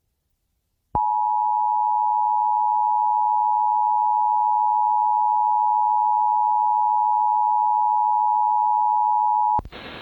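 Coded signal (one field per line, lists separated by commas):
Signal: Emergency Alert System (SAME) tones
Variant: 853 and 960 Hz attention tone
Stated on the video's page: Real tornado warning with valid EAS tones that can activate the emergency alert system.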